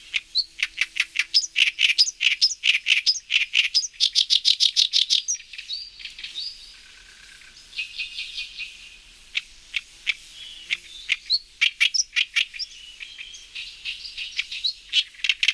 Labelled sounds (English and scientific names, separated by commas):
Oriental Reed Warbler (Acrocephalus orientalis) song